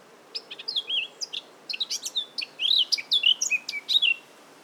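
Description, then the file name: Eurasian blackcap singing a brisk, varied warble of twittering high notes with short sweeping slurs, the phrase building toward its end. "Sylvia atricapilla"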